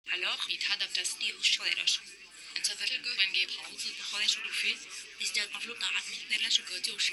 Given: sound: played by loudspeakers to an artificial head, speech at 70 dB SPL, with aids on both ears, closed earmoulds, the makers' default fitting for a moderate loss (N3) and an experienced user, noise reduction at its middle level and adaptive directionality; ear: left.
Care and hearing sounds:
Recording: speech test signal (ISTS) in cocktail-party noise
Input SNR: +3 dB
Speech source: in front (0 degrees)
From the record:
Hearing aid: class 2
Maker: H

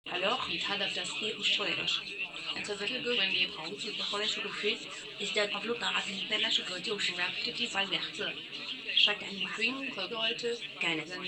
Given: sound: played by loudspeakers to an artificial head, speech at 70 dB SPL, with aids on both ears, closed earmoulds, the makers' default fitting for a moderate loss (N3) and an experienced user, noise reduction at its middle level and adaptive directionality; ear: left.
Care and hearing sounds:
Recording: speech test signal (ISTS) in cocktail-party noise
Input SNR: +9 dB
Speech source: on the right (90 degrees)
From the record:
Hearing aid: class 1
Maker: C

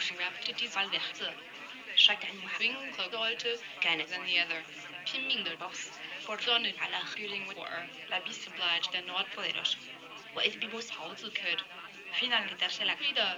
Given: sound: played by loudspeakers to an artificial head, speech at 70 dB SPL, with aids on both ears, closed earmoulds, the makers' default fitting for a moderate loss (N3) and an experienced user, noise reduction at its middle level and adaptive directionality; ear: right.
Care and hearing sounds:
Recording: speech test signal (ISTS) in cocktail-party noise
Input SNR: +6 dB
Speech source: in front (0 degrees)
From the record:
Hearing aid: class 1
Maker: G

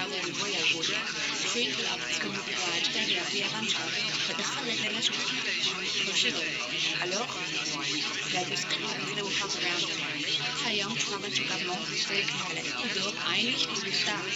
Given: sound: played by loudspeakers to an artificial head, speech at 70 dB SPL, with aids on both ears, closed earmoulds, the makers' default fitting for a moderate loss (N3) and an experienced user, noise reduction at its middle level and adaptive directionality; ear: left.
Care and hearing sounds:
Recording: speech test signal (ISTS) in cocktail-party noise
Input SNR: -3 dB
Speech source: in front (0 degrees)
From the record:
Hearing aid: class 1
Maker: A

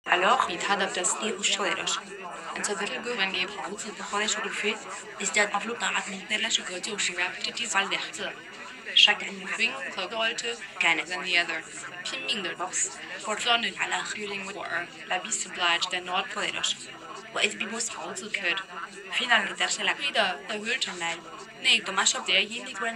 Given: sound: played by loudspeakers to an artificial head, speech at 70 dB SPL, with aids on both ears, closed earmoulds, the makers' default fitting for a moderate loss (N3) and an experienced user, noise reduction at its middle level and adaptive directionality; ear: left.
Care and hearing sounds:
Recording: speech test signal (ISTS) in cocktail-party noise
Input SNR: +3 dB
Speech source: in front (0 degrees)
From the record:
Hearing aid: class 2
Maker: E

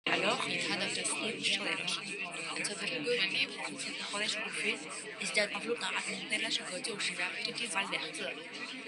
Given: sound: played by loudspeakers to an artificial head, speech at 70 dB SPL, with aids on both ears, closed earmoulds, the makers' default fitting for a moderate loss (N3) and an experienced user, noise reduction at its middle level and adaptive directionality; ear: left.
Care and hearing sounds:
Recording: speech test signal (ISTS) in cocktail-party noise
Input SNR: -6 dB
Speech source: in front (0 degrees)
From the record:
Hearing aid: class 2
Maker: I

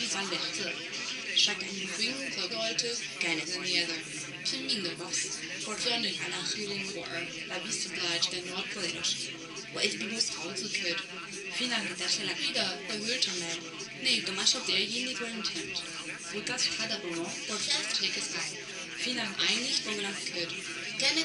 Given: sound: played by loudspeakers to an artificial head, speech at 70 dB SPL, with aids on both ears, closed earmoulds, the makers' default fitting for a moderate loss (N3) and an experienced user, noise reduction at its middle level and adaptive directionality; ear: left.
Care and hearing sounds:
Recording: speech test signal (ISTS) in cocktail-party noise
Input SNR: +3 dB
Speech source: on the right (90 degrees)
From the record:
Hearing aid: class 1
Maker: B

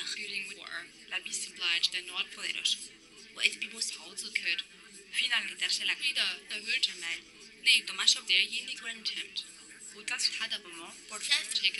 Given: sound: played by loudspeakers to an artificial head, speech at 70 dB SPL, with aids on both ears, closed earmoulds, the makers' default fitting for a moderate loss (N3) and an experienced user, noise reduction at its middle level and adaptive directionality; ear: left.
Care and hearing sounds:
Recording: speech test signal (ISTS) in cocktail-party noise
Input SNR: 0 dB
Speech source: in front (0 degrees)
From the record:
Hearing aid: class 2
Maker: J

